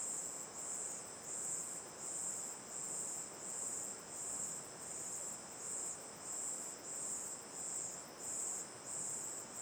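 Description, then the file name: Crickets calling together: a piercing high trill swelling in rhythmic surges about one and a half times per second, backed by a continuous rushing sound. Night ambience facing the mouth of Terra Ronca 1 cave, chorus of crickets, river on the left, AB stereo recording. "Ambiencia olhando para boca da caverna terra ronca 1 a noite, coro de cigarras e grilos, rio a esquerda, gravacao em ab"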